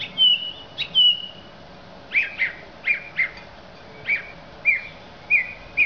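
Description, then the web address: Song Thrush song: clear whistled phrases, first two drawn-out whistles, then a series of short, sharp notes, some in pairs. "Zingende lijster"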